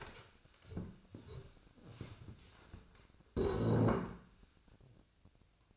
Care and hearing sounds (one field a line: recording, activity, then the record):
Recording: daily activity, microphone in the room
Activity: stand up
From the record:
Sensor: 2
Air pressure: 1000.3 hPa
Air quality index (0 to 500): 165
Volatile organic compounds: 3 ppm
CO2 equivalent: 1378 ppm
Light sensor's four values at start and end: 8/18/8/8 and 8/17/8/8